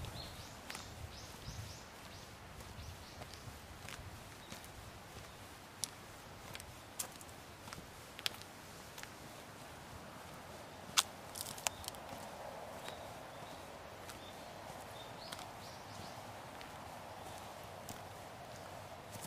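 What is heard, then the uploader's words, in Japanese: An autumn mountain soundscape: a steady low rumble and hiss fill the whole stretch, with scattered sharp clicks and snaps, louder around 6, 8, 11 and 12 seconds. Faint bird-like chirps appear now and then over the even background. 環境音 昨年の秋山。気温、天候、音、どれも心地よい。初めての秋の山でした。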